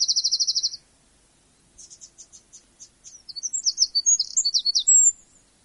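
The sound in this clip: Winter Wren song: a fast, high tinkling trill, then a pause, then a scattered run of sharp notes that builds into rapid, jumbled, bubbling phrases.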